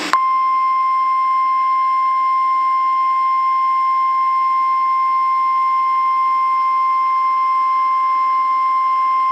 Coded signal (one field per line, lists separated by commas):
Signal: Emergency Alert System (SAME) tones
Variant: 1050 Hz attention tone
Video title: An EAS Scenario #5 Kaden and Brombus